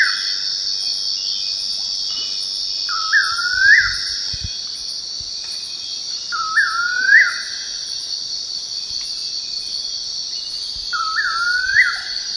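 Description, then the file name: Bird call: a short rising whistled note with a small step at its start, repeated several times at irregular gaps over a continuous high-pitched insect buzz. "SABIOD 50 bird 2015"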